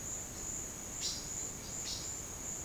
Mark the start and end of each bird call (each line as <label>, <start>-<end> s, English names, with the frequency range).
Violaceous Jay (2.1-7.2 kHz), 0.84-2.18 s